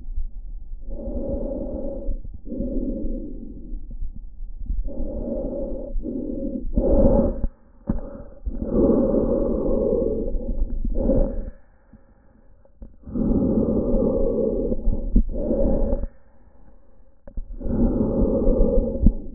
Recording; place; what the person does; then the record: lung sounds by stethoscope; trachea; quiet breathing, then deep breathing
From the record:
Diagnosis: COPD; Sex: male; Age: 77 years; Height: 164 cm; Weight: 58.2 kg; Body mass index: 21.6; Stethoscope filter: diaphragm mode